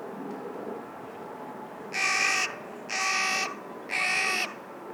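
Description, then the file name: Carrion crow uttering three harsh, grating caws spaced roughly one second apart, with faint background hiss. "Corvus corone - Carrion Crow"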